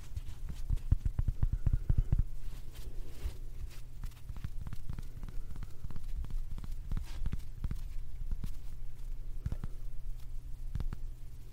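Handling of a cosmetic puff and pouch: a rapid cluster of soft taps and pats fills the first two seconds, then irregular clicks and light thumps continue every second or so. A steady low hum runs underneath throughout.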